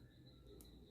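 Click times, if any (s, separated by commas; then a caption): 0.6 s. While sewing a pencil case, a zipper slider is pushed onto both ends of the fabric zipper tape, lined up in the same direction, over a steady low background hum. A short, sharp click at 0.6 s marks the slider engaging, and it is seated on the zipper.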